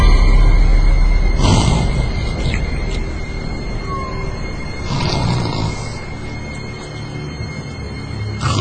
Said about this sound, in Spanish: La lluvia y los relámpagos hicieron más lúgubre la noche. Empecé a escuchar los ronquidos de mi padre.